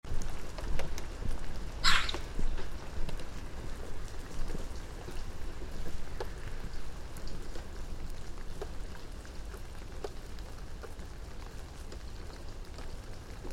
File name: Pica pica